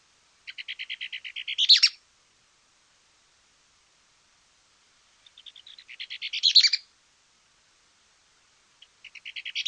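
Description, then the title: Mouse-colored tyrannulet song: a series of short high chips running into a louder twittered ending, given twice, with a third phrase starting at the close. Nominate subspecies Phaeomyias murina murina. "LuckyPassaro Completos2Sama. Mouse-colored Tyrannulet (Phaeomyias murina murina)"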